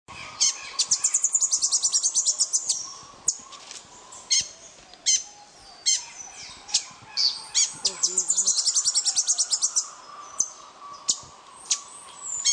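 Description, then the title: Rufous-headed tanager calls: high, sharp chips and rapid trilled bursts, repeated irregularly over a steady background hum. "LuckyPassaro Completos2Sama. Rufous-headed Tanager (Hemithraupis ruficapilla)"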